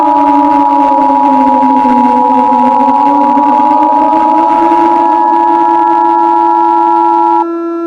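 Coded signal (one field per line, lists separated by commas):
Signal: Emergency Alert System (SAME) tones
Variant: 853 and 960 Hz attention tone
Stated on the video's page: Fictional EAS scenario, not a real alert.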